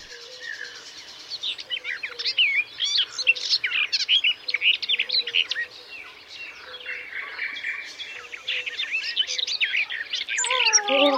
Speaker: Also hören wir noch ein bisschen rein in das Geschwätz des Vogels der Woche, der Gartengrasmücke.